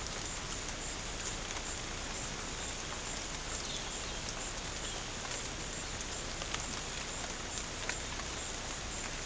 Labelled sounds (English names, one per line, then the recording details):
none
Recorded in secondary vegetation near Puerto Asís, Putumayo, Colombia, on 18 December 2024 at 16:00
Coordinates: 0.489, -76.322
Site G059